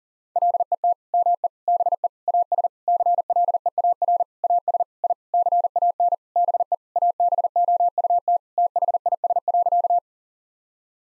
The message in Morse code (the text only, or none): LET ME BE AS CLEAR AS I CAN BE ABOUT THIS.